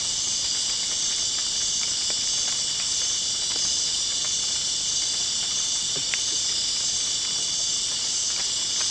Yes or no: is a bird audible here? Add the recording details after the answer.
no. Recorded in dense forest near Puerto Asís, Putumayo, Colombia, on 24 June 2025 at 19:00. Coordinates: 0.499, -76.324. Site G100